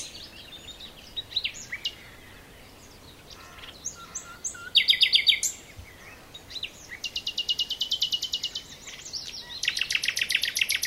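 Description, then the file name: Common nightingale song over a slightly noisy background: soft chirps, a brief loud trill, then two long fast rattling series of repeated notes. "Luscinia megarhynchos"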